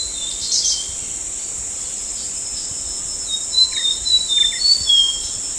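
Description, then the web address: Brown fulvetta calls: a few thin, high whistled notes, level or slightly falling, in the last two seconds, over a steady loud insect drone. Recorded at Danum on 9 August 2009. "DANUM 20090809. brown fulvetta"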